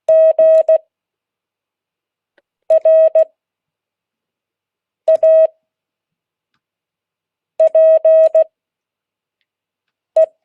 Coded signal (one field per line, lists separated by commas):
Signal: Morse code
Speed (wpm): 16 wpm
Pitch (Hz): 640 Hz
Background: none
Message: GRAPE